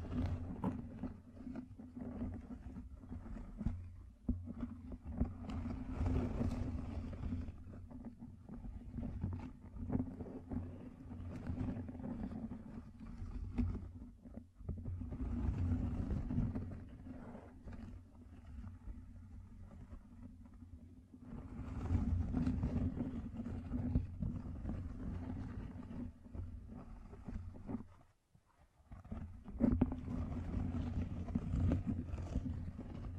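Gem-covered fingertips scratch and tap in uneven stretches, the gritty rustling swelling around 5–8, 15–17, 22–26 and 30–33 seconds. A steady low hum runs underneath throughout, broken by a brief near-silent gap just before 28 seconds.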